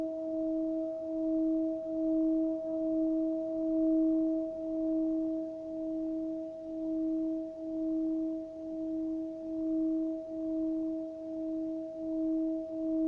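Tibetan bells ring in a sustained, unbroken drone, with a low tone and a clearer, higher tone holding steady for the whole stretch. The lower tone swells and fades in a slow, regular pulse about every second, a gentle beating that never stops.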